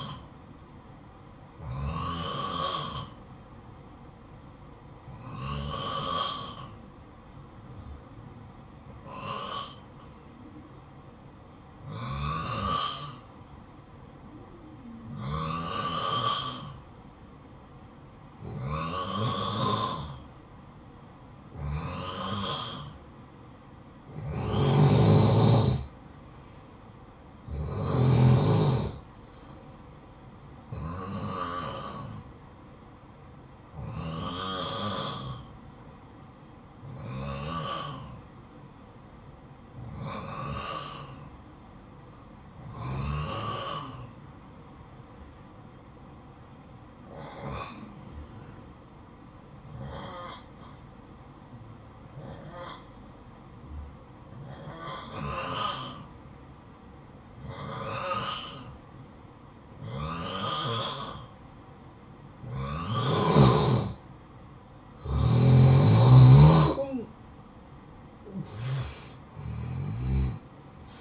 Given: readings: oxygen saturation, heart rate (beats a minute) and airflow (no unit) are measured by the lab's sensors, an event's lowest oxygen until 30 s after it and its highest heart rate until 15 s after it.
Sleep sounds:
breathing in sleep by a smartphone at the bedside; 2
4.00-23.50 s: hypopnea (N2, oxygen 92% highest, then 89% lowest, heart rate 56 at the start, 63 highest)
34.00-65.80 s: hypopnea (N2, oxygen 92% highest, then 90% lowest, heart rate 56 at the start, 68 highest)
From the record:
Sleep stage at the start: N2 (light sleep); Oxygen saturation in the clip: 88 to 92%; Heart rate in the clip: 53 to 63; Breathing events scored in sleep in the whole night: 573 in 9.8 hours asleep

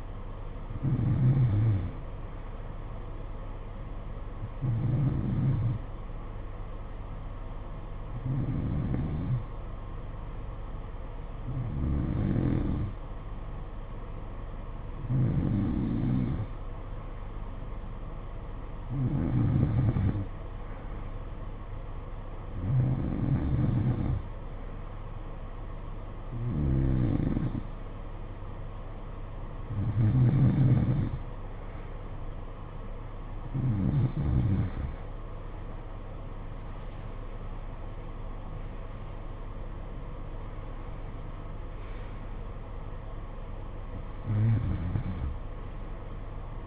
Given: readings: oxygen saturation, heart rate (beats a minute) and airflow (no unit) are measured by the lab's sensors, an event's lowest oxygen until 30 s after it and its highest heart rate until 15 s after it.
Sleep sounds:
breathing in sleep by a smartphone at the bedside; 1
6.00-32.20 s: hypopnea (N2, oxygen 93% highest, then 90% lowest, heart rate 54 at the start, 62 highest)
30.00-46.67 s: new sleep stage, N1 (lightest sleep)
From the record:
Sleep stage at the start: N2 (light sleep); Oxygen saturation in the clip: 89 to 93%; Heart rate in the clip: 54 to 62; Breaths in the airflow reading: 13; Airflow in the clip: -10.6 to 8.9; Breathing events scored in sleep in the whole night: 476 in 9.7 hours asleep

